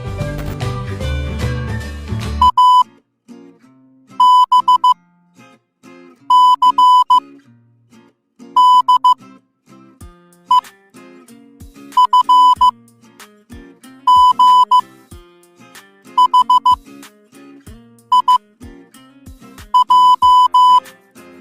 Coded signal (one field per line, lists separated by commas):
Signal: Morse code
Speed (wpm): 15 wpm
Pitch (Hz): 1000 Hz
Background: music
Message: A B C D E F G H I J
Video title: MORSE CODE WITH SOUND EFFECTS